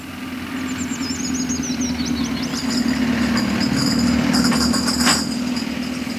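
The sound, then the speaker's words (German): A Coca-Cola delivery truck's engine rumbles with a deep, steady drone that swells slightly as it passes carefully around a curve in Monterey, with rattling clatter midway and brief high bird chirps early on. “Der Wagen von Coca-Cola.”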